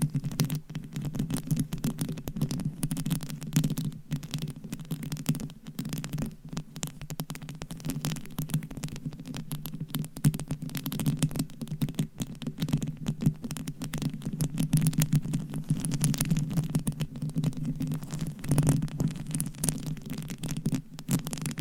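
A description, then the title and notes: Fingernails scratch across microphones and their covers in dense, rapid, continuous strokes, with a steady low rumbling body and crackly bright edges throughout. Mic Scratching - Brain Scratching with 50 DIFFERENT MICS Covers & Nails. No Talking.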